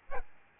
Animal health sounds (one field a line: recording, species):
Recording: mosquito wingbeat signal from an infrared sensor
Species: Aedes albopictus